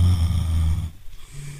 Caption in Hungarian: A saját horkolásodat. Ezek nem a kutyák, ez nem az egyéves kislányatok, ez te vagy.